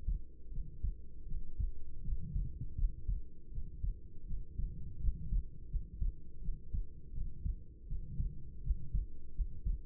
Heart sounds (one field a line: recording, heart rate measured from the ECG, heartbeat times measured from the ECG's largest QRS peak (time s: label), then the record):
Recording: heart sounds by stethoscope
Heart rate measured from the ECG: 82 bpm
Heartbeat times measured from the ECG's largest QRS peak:
0.50 s: heartbeat
1.26 s: heartbeat
2.02 s: heartbeat
2.76 s: heartbeat
3.50 s: heartbeat
4.25 s: heartbeat
4.99 s: heartbeat
5.68 s: heartbeat
6.40 s: heartbeat
7.12 s: heartbeat
7.86 s: heartbeat
8.61 s: heartbeat
9.33 s: heartbeat
From the record:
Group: healthy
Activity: rest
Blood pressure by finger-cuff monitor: 102/60 mmHg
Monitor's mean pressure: 75 mmHg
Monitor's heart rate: 81 bpm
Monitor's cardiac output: 6.8 L/min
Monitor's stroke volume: 82 mL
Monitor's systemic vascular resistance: 770 dyn s/cm5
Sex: female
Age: 26 years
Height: 165 cm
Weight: 55 kg